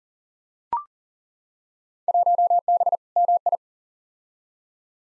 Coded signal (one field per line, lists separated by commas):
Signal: Morse code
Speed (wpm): 40 wpm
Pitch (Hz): 700 Hz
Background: none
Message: 1B MI